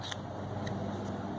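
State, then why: Seated. An interchangeable plastic plug head is pushed into the AC power adapter of an Intel NUC Micro PC. A single sharp click is heard at 0.1 s over a steady low background, and the plug head snaps and locks into place.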